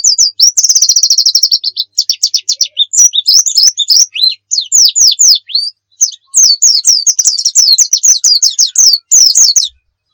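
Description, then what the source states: White-eye song, an opening rapid trill then a long stream of high chirping and slurred notes. Pleci of the muria type, a song used as training audio for birds.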